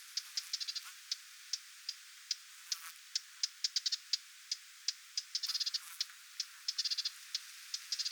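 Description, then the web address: Lesser whitethroat with a steady series of sharp ticks and several fast chattering runs. Adult parent bird giving alarm or attention calls near its recently fledged young, 20 July 2026. "paivat 20 7 2026 hernekerttulintuemon huomioaantelya lentopoikastensa lahella"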